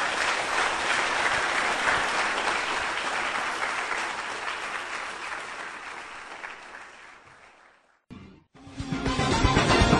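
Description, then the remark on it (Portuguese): An audience applauds the Lord in a dense, sustained burst of clapping that slowly fades out, followed by a brief gap and then the start of a new sound. “Vamos aplaudir o nosso Senhor.”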